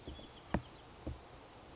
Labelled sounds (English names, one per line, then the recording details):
Bewick's Wren
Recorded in Sonoma County, California